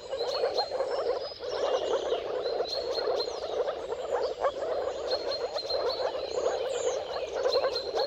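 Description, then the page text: Steady moor frog chorus of soft gurgling calls, with a bird's repeated high whistle running through it. Mating calls of a moor frog chorus at sunrise, at the turn of March and April depending on the weather; recorded by Jakub Orzecki. "Dawn’s Chorus: Mating Calls of Marsh Frogs at Sunrise. Depending on the weather at the turn of March and April, you can witness an amazing spectacle of moor frogs. Jakub Orzecki"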